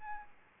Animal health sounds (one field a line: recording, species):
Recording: mosquito wingbeat signal from an infrared sensor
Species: Aedes albopictus